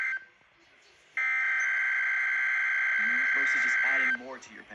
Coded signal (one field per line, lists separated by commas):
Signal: Emergency Alert System (SAME) tones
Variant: header bursts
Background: speech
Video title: Return of the EAS Count…EAS Alerts From March 7-8, 2024 (NEW EAS #1-39)